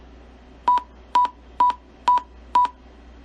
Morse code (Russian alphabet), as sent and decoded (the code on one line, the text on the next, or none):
none